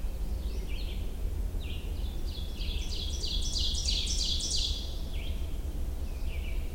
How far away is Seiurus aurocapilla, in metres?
about 25 m